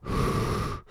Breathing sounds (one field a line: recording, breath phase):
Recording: one breath near a microphone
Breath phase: exhalation